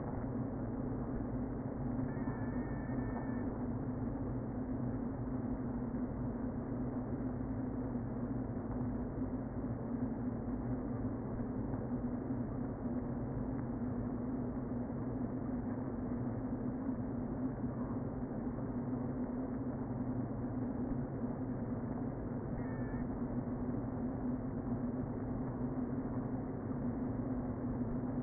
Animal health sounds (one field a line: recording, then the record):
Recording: honeybee colony, microphone inside the hive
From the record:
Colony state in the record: queen present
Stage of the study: before two queens were removed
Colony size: about 60,000 bees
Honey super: yes